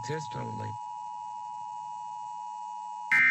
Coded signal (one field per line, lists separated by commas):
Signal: Emergency Alert System (SAME) tones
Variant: 853 and 960 Hz attention tone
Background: speech